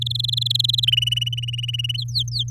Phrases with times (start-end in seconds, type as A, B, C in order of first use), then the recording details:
0.01-0.85 A, 0.87-1.97 B, 1.98-2.50 C. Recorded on 8 May 2018 at 15:27. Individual llb16